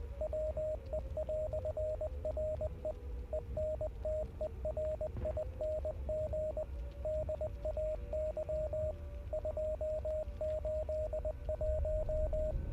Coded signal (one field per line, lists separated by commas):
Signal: Morse code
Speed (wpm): 20 wpm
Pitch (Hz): 620 Hz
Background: radio noise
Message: WE"RE ENTERING DAY 281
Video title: Hell Is Us | Key Provided By Rogue Factor | September 3 2025 - Livestream #5